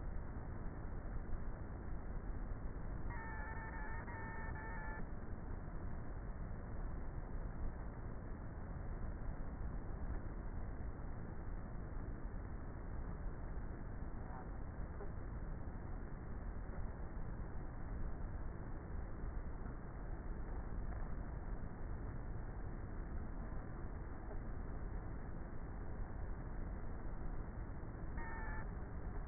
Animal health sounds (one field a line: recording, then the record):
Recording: honeybee colony, microphone inside the hive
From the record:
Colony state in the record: queenless with a low population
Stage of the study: before two queens were removed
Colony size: about 30,000 bees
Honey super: no